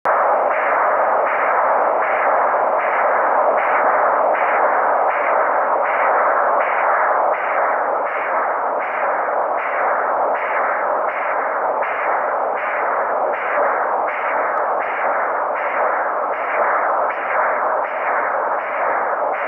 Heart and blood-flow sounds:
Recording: Doppler ultrasound of blood flow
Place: carotid artery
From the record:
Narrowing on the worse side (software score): occlusion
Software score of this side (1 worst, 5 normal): 1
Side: right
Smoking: current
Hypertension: yes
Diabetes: type 2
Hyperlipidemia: yes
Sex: male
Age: 61 years

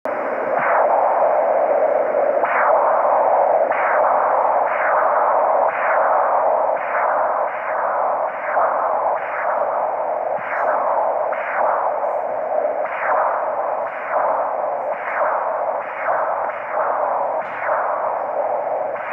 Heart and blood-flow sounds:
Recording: Doppler ultrasound of blood flow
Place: carotid artery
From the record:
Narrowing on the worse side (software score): mild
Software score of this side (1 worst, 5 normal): 4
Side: left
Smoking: never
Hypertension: no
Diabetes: no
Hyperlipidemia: no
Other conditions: anemia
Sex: female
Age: 45 years

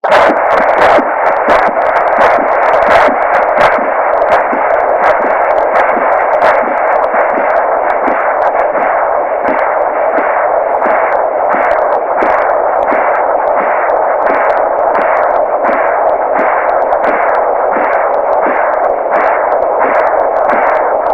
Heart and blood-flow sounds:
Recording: Doppler ultrasound of blood flow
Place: carotid artery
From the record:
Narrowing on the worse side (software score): severe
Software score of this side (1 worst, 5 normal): 2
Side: right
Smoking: never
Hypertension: no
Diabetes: no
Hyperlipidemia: no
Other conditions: thalassemia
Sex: male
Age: 20 years

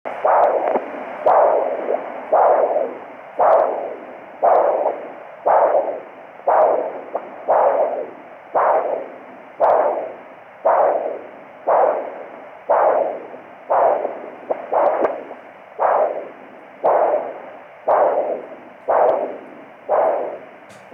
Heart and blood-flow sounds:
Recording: Doppler ultrasound of blood flow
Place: carotid artery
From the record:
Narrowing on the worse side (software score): moderate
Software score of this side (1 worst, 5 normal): 4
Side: right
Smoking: never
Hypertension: no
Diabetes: no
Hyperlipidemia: no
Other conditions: foot edema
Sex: female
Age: 75 years

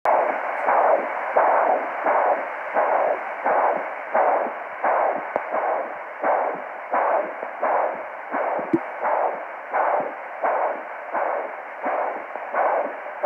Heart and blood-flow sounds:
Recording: Doppler ultrasound of blood flow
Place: carotid artery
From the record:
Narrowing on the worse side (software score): occlusion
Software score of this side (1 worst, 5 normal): 1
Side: right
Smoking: never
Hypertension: yes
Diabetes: type 2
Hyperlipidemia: yes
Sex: female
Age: 72 years

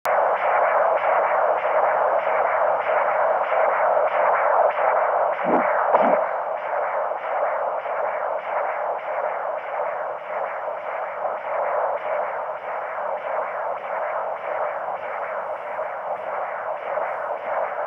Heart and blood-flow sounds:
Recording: Doppler ultrasound of blood flow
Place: carotid artery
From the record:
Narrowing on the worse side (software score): occlusion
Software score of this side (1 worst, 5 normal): 3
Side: left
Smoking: current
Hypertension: yes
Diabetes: type 1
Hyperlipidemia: yes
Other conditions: gallstones, gland enlargement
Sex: female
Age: 22 years

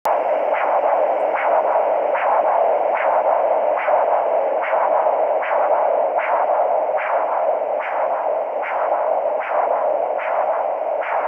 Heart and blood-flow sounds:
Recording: Doppler ultrasound of blood flow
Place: carotid artery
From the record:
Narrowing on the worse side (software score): occlusion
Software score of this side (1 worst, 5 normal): 1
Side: left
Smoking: current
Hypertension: yes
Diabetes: type 2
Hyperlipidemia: yes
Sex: male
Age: 34 years

